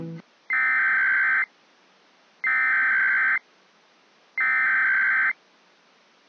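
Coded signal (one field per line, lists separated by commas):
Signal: Emergency Alert System (SAME) tones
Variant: header bursts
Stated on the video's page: Recreated compilation of Required Monthly Tests from the Central Relay Network.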